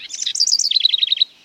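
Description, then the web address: Bewick's wren singing a quick phrase of high notes that shifts into a rapid trill of repeated notes, about seven in a row. Young bird learning to sing. "Birdnote. A Young Bewicks Wren Learns to Sing"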